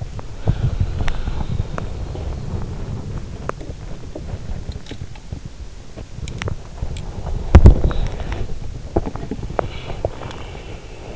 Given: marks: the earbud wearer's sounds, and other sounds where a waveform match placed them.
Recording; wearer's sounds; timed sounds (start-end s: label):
sounds in sleep by an in-ear microphone; body movement
0.00-11.16 s: body movement